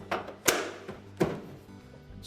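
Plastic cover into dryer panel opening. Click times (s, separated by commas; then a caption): 0.5 s. A plastic blank cover is pressed into its opening on a Whirlpool dryer panel during a blower fan replacement, and it snaps into place with a sharp, loud click at 0.5 s. A softer tap comes just before, and a second duller thunk follows at 1.2 s over a low steady background hum. The cover ends up seated.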